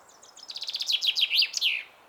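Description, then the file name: Common chaffinch song: a bright trill of high chips that drops in pitch and ends in a brisk flourish. "Fringilla coelebs"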